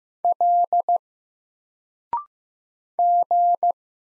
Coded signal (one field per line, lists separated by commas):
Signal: Morse code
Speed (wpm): 15 wpm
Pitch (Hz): 700 Hz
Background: none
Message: L G